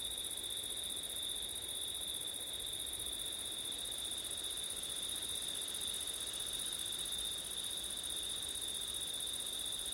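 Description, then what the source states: Steady high cricket trilling, two layered ringing tones held evenly the whole time, with light background hiss. Crickets on a September night with wind; recorded with ortif setup.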